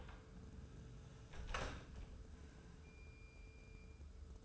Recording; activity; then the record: daily activity, microphone in the room; close door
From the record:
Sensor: 2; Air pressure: 1015.0 hPa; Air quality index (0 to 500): 113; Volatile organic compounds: 3 ppm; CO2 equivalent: 1440 ppm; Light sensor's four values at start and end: 13/35/14/15 and 13/35/14/15